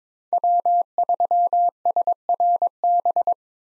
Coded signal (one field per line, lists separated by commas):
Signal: Morse code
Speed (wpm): 22 wpm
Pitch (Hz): 700 Hz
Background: none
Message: W3SRB